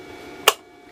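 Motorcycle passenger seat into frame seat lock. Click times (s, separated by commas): 0.5 s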